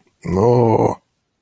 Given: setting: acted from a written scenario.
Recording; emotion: vocal sound without words; disgust